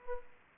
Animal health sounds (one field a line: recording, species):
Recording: mosquito wingbeat signal from an infrared sensor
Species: Aedes aegypti